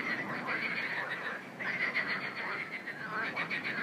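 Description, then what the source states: Rattling frog croaks from several callers, rapid pulsed bursts overlapping throughout the short stretch. Frogs calling in a river.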